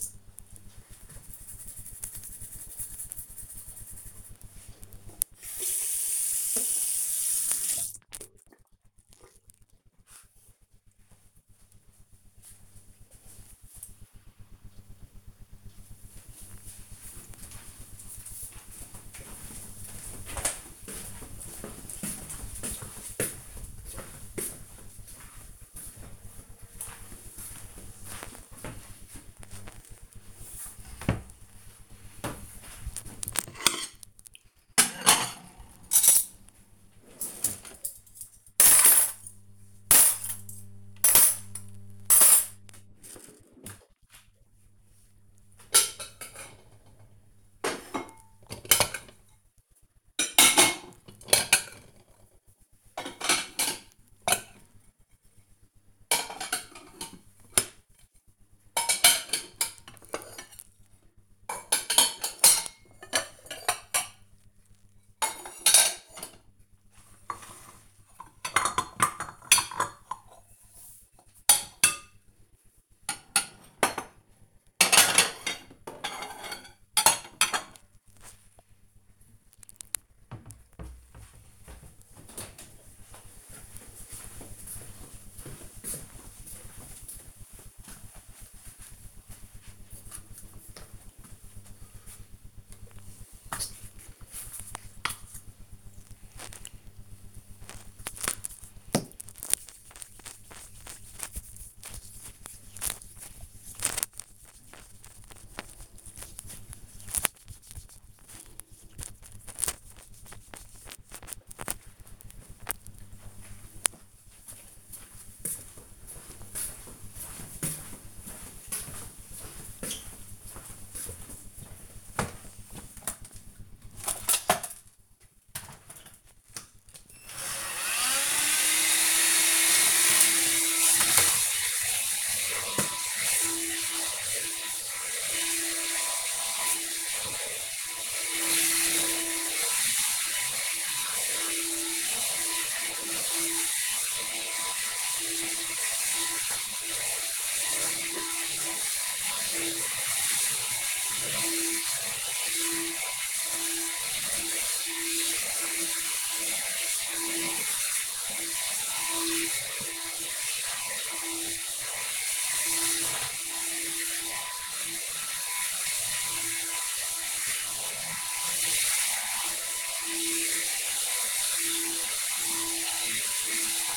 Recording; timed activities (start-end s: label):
household activities, microphone on the right wrist
0.00-9.87 s: brushing teeth
28.00-80.38 s: putting away the dishes
92.48-110.64 s: cream hands
122.75-173.96 s: vacuum cleaning